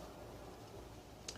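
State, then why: Seated. A twist-lock battery compartment cover on a handheld device is lined up and turned with a screwdriver until it snaps closed. A low steady background hum gives way to a single sharp, bright tick at 1.3 s. The cover is seated and shut.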